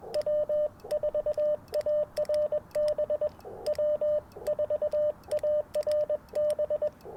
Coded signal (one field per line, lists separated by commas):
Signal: Morse code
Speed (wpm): 21 wpm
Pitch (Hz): 600 Hz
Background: radio noise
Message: W4ARB W4ARB